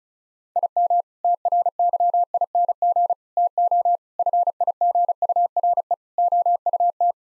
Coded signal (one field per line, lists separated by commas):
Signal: Morse code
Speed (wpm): 36 wpm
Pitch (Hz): 700 Hz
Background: none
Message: IM TRYING TO FIGURE OUT